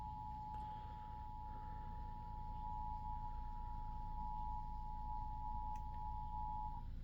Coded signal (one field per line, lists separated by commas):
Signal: Emergency Alert System (SAME) tones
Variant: 853 and 960 Hz attention tone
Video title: eas svr Eas #87